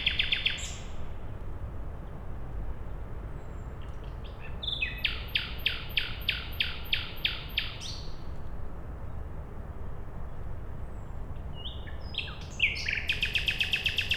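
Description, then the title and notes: Common nightingale song: a rapid series of loud stuttering notes repeated several times, separate bursts of high trills at start and end, over low background noise. At night beside a road, Siemianowice Śląskie, Poland, 20 May 2019; Zoom H5 and Audio-Technica BP4025. "Bohaterów Westerplatte, 41-106 Siemianowice Śląskie, Polska - Nightingale. Poniedziałek, 20 maja 2019. Noc. Słowik przy drodze. Nagrania terenowe Siemianowic Śląskich - Dźwiękowy Portret Miasta"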